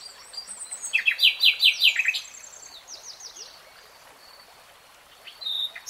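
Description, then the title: Nightingale song: a run of descending slurred notes repeated about six times, then softer high whistles and fainter phrases. Three-hour real-time recording of a nightingale singing. "[Tiếng chim hót] Nightingale Singing"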